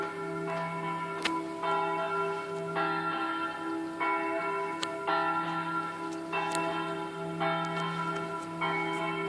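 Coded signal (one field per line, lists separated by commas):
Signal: bell signal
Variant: swing ringing (distesa)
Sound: a single church bell swinging, struck repeatedly about once a second with long resonance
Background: low steady hum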